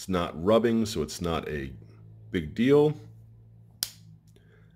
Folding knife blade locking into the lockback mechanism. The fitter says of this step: really nice super smooth on this knife I love that click has a really nice